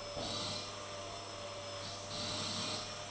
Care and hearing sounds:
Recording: daily activity, microphone in the room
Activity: vacuum cleaning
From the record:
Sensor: 4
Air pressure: 1000.9 hPa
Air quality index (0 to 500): 138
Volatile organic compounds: 2 ppm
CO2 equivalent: 1024 ppm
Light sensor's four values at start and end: 29/69/29/31 and 29/69/29/31

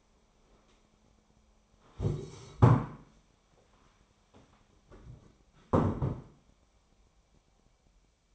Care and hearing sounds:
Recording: daily activity, microphone in the room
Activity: stand up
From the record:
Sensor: 1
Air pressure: 1015.2 hPa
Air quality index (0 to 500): 195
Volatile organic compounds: 21 ppm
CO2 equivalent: 2736 ppm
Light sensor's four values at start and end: 12/29/12/13 and 12/29/12/13

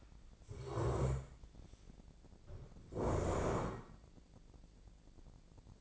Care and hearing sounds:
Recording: daily activity, microphone in the room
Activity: stand up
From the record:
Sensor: 5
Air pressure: 1012.4 hPa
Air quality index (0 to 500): 148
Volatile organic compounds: 2 ppm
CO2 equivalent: 1018 ppm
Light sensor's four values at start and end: 290/694/296/329 and 290/694/296/330

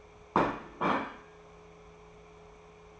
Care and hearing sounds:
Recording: daily activity, microphone in the room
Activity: place plate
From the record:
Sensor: 1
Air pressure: 1015.0 hPa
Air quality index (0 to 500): 200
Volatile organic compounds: 25 ppm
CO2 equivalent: 2828 ppm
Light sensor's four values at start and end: 27/68/29/34 and 17/43/18/20

